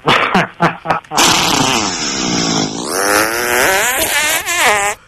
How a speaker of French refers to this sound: Ah ouais, j'ai envie de te péter à la gueule. Comme ça. Ah, ou peut-être encore comme ça, là.